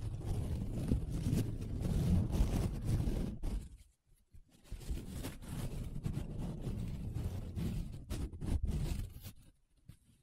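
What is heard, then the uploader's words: Paper is rubbed and scratched in long, dense strokes, a low, rough scraping. The sound runs almost continuously, dropping out briefly near four seconds and again at the very end, with sharper flicks and crackles around eight to nine seconds. ASMR 7 Different Paper Sounds Tracing, Scratching, Rubbing (No Talking).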